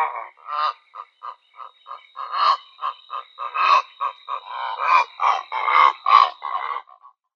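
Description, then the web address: Purple heron giving a rapid run of harsh, croaking notes, growing louder and more crowded toward the end. "Schulze Peter Purple Heron"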